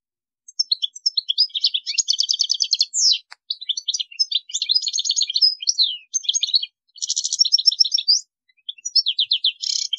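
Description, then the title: European goldfinch song: rapid twittering of high liquid notes mixed with buzzy trills and short rattles, with only brief pauses. "Chant Chardonneret"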